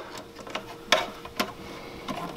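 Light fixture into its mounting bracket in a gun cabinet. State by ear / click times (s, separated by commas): seated / 0.9 s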